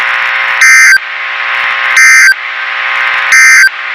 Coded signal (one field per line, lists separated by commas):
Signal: Emergency Alert System (SAME) tones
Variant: end-of-message bursts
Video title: Emergency Alert System | The Creepy Sunsliver Of Spotlights